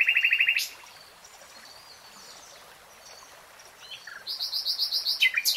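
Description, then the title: Nightingale song: a rapid pulsed run ending in a sharp note, a quiet gap with faint calls, then a fast high repeated series. Nightingale singing in real time. "[Tiếng chim hót] REALTIME Nightingale Singing"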